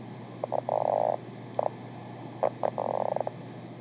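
Lowland leopard frog, a few clicking pulses running into a rapid chuckling rattle, given twice with a short note between, faint hum beneath.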